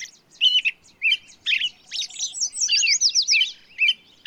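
Bird song: scattered chirps building into a fast run of high, looping whistled notes, then a final chirp.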